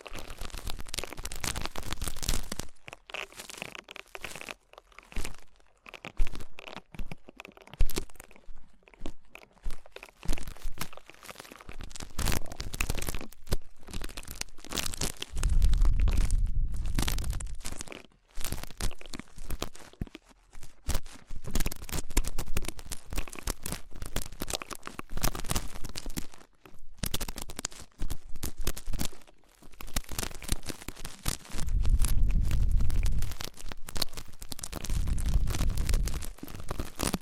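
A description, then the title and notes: Dense crinkling and crunching scratches of ear cleaning fill the recording, broken by brief pauses and low rumbling bumps around 16 and 32 seconds. ASMR Twin Ear Cleaning to Put You in a Coma (No Talking).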